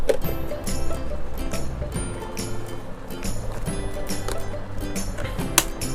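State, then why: Seated. A plastic part is lined up in the correct orientation, since it only locks that way, and pushed home onto the body of a handheld 12V car vacuum cleaner, with music and light handling noises underneath. A sharp click at 5.6 s marks the part locking into place, and it is seated.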